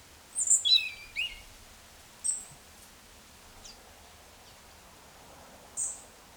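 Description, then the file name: European robin giving thin high calls, a few sharp descending notes early on and scattered brief high tseeps after, with quiet pauses between. "Erithacus rubecula"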